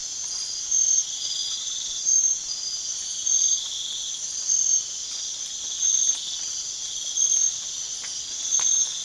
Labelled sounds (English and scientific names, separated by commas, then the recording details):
none
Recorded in pastures near Puerto Asís, Putumayo, Colombia, on 27 June 2025 at 04:00
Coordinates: 0.502, -76.324
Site G010